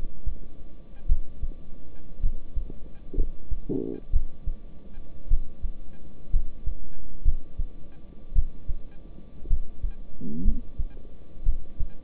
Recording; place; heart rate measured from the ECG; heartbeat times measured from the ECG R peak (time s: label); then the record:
heart sounds by stethoscope; between the tricuspid and mitral areas; 58 bpm
1.07 s: heartbeat
2.21 s: heartbeat
3.15 s: heartbeat
4.11 s: heartbeat
5.28 s: heartbeat
6.31 s: heartbeat
7.23 s: heartbeat
8.33 s: heartbeat
9.48 s: heartbeat
10.43 s: heartbeat
11.44 s: heartbeat
From the record:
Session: rest, lying down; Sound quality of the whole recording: good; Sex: male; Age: 26 years